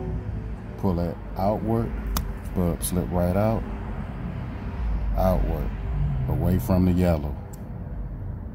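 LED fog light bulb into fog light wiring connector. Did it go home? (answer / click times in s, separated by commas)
no / none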